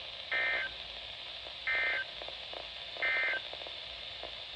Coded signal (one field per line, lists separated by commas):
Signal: Emergency Alert System (SAME) tones